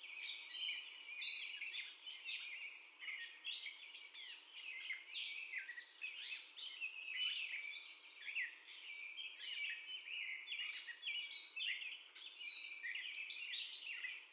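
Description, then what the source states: Gray catbird singing a rambling, varied run of squeaky chips and scratchy phrases, delivered rapidly. First song, recorded 30 May 2021.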